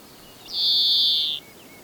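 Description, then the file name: European greenfinch call: one drawn-out, even, high note lasting nearly a second, starting with a brief upward flick, over faint background hiss. "Chloris chloris"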